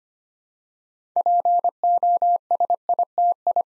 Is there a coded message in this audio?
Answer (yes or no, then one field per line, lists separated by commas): yes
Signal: Morse code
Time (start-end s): 1.2-3.6 s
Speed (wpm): 25 wpm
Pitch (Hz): 700 Hz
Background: none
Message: POSITI